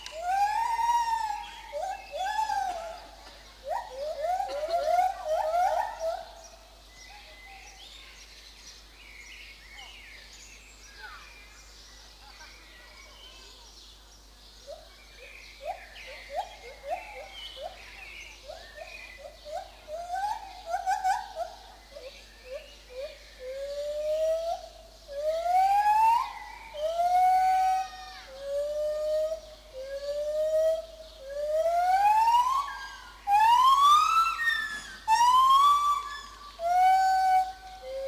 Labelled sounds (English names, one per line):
Lar Gibbon